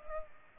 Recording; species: mosquito wingbeat signal from an infrared sensor; Culex pipiens